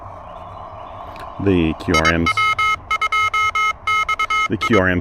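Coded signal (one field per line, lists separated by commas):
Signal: Morse code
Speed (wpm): 22 wpm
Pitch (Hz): 1280 Hz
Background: speech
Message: IW2XI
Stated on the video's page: Pedestrian mobile POTA hunting with an Elecraft KH1 keyed by a TinyPaddle adapter, amid urban QRM.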